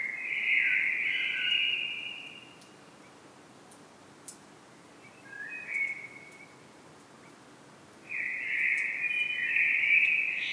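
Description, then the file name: Common blackbird calling: three warbling phrases with long pauses between them. The first and last are long and strong, the middle one short and weaker. "Turdus merula"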